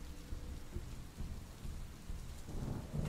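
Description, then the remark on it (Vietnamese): Steady heavy rain hisses across the whole stretch while deep, rolling thunder rumbles low beneath it, swelling louder toward the end. No voices are heard. “Cầm thanh sắt trên tay, mụ Hạnh bước thẳng ra ngoài mưa.”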